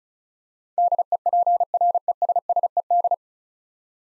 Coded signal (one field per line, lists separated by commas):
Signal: Morse code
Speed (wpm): 36 wpm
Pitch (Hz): 700 Hz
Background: none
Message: DEPRESSED